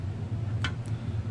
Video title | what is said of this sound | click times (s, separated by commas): Talking Bus Scrap | give it a little click on either side push it back a little bit and then it pops out nice | 0.6 s